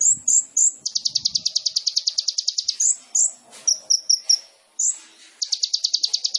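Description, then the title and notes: Sunbird song: high chips lead into a long buzzy trill, followed by sharp notes, a quick clicking run, then another fast trill. Indonesian masteran training recording of a gacor kolibri ninja, full of isian (fill-in phrases) and tembakan (shots), suitable as a lure (pancingan). "MASTERAN KOLIBRI NINJA TERBAIK FULL ISIAN DAN TEMBAKAN MEWAH COCOK BUAT PANCINGAN. Suara Burung Kolibri Ninja Gacor"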